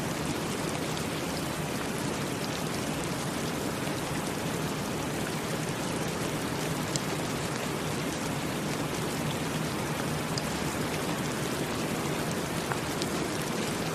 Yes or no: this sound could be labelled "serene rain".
yes